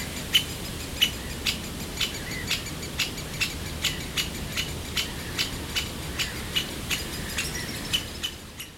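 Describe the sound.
Bird giving hard ticking alarm notes, evenly spaced roughly every half second throughout, with a faint steady low rumble underneath.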